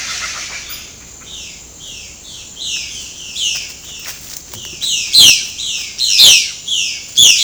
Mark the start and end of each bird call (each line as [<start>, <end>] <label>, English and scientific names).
[0.00, 0.81] Speckled Chachalaca (Ortalis guttata)
[1.23, 7.43] Violaceous Jay (Cyanocorax violaceus)